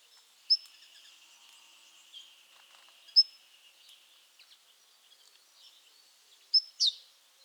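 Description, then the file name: Great tit calls: isolated high level notes, then near the end one burst of a level note and a falling double note, over faint background hiss. "Parus major"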